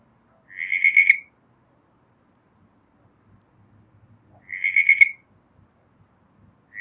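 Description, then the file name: Southern brown tree frog giving a few short buzzy pulsed trills separated by near silence. "Litoria ewingii"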